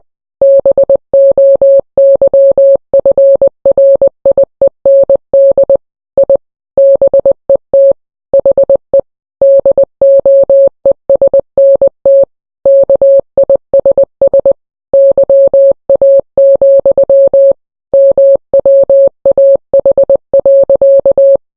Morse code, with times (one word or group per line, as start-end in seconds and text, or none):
0.4-5.8 BOYFRIEND
6.2-6.4 I
6.8-7.9 BET
8.3-9.0 HE
9.4-12.2 DOESNT
12.7-14.5 KISS
14.9-17.5 YA,
17.9-21.4 MWAH.